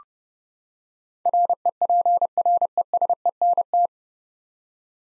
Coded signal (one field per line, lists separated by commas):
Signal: Morse code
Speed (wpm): 32 wpm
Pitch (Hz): 700 Hz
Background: none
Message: REPRESENT